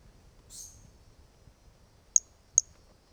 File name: Brachycephalus mirissimus 18 jan 2018 individual 05 ex 02 first note missing L F Ribeiro not collected